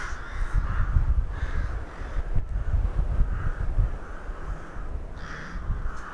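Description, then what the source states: Crows cawing, harsh calls overlapping in a steady chorus, several birds calling throughout over a low rumbling wind or traffic noise. Crows recorded in Hernals, Vienna, in December 2021.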